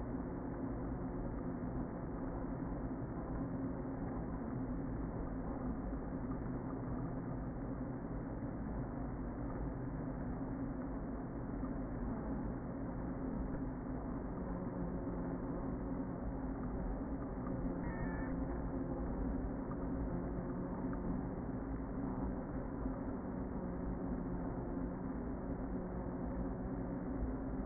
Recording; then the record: honeybee colony, microphone inside the hive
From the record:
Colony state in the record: queen present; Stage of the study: before two queens were removed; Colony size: about 60,000 bees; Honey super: yes